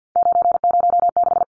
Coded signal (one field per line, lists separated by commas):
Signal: Morse code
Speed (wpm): 50 wpm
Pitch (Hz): 700 Hz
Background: none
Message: 906